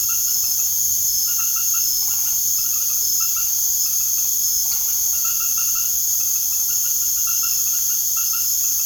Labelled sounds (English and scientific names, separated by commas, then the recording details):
none
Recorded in secondary vegetation near Puerto Asís, Putumayo, Colombia, on 24 March 2025 at 19:00
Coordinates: 0.489, -76.322
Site G042